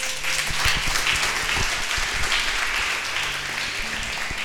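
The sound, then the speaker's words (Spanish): A crowd at a seminar applauds the Lord steadily, a dense wash of many hands clapping at an even loudness throughout, with faint low tones and scattered thumps underneath. “Un aplauso al Señor.”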